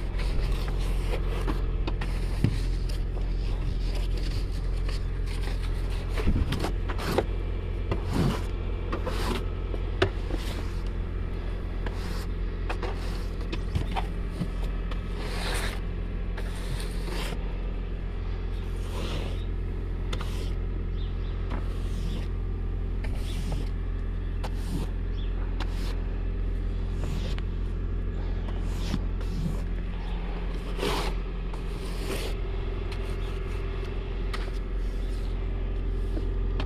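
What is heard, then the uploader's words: Ice is scraped from a windshield in short, repeated strokes, each a bright, gritty rasp, coming every second or so for the full stretch. A steady low rumble of city traffic sits underneath, with occasional sharper knocks and crunches mixed in. Winter in the city. Scraping ice from windshield, knocking icicles from my bumper, crunching snow under my feet, slight city sounds and more.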